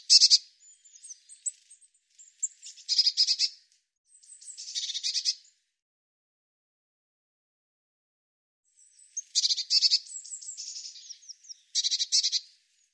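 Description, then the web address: Bird song of high, buzzy, rattling trill bursts mixed with thin twitters, in two clusters split by a silent stretch of several seconds. "cianscape birddata Deverinetal Bird Cy Ca"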